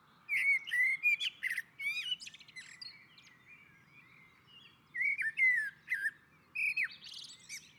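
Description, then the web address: Common blackbird delivering melodious whistled phrases with sharp high twittering ends, a quieter gap, then more fluting notes. On a roof. "Naturinspelningar Koltrast på taket"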